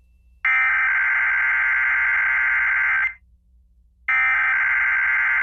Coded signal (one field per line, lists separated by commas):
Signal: Emergency Alert System (SAME) tones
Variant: header bursts